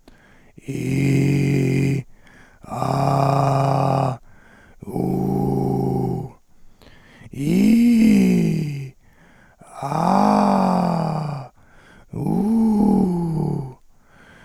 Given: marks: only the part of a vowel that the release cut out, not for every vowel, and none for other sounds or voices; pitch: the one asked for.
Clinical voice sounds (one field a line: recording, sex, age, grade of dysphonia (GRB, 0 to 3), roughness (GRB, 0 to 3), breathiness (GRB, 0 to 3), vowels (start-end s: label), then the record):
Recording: sustained vowels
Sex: male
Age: 20 to 29 years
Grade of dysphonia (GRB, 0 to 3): 3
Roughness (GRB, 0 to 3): 3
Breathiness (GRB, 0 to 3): 2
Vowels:
0.87-1.93 s: vowel /i/, low pitch
2.84-4.07 s: vowel /a/, low pitch
5.02-6.15 s: vowel /u/, low pitch
7.44-8.66 s: vowel /i/, low-high-low pitch
9.91-11.20 s: vowel /a/, low-high-low pitch
12.27-13.61 s: vowel /u/, low-high-low pitch
From the record:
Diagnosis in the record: recurrent laryngeal nerve paralysis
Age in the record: 25 years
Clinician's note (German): Schlaff mit wenig stroboskopischer Restbeweglichkeit